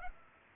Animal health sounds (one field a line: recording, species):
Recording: mosquito wingbeat signal from an infrared sensor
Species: Culex pipiens